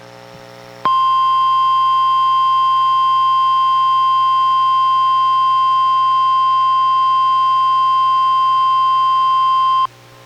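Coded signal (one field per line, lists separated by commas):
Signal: Emergency Alert System (SAME) tones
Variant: 1050 Hz attention tone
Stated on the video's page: NOAA Weather Radio required weekly test relayed by a weather radio station, recorded from a Reecom R-1630 weather radio via Zoom H1 recorder.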